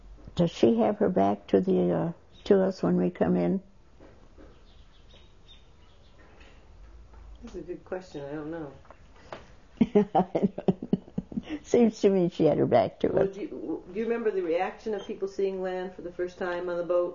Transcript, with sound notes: does she have her back to the, to us, when we come in?
That's a good question. I don't know.
( she laughs ) It seems to me she had her back to us.
Well, do you remember the reaction of people seeing land for the first time on the boat?